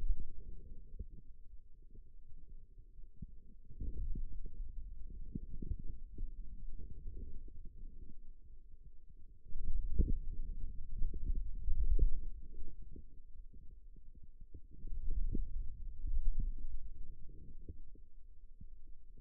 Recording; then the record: forearm muscle sounds (acoustic myography)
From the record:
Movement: wrist flexion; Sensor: system 2, bracelet of six BSWA MPA416 microphones around the upper forearm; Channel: 3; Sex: male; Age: 22 years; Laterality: right